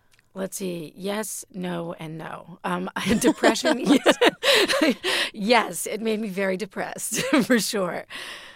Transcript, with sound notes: Let's see. Yes, no, and no.
(LAUGHTER)
I had depression, yes. Yes, it made me very depressed for sure.